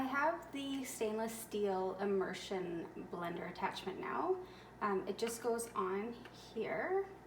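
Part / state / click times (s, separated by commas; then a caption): immersion blender shaft attachment onto motor handle / not seated / none. A stainless steel immersion blender shaft attachment for a Cuisinart Single Speed Immersion Blender is being handled and set onto the motor handle, which it twist-locks onto. Someone talks throughout. Nothing has seated or clicked yet by the end of the clip.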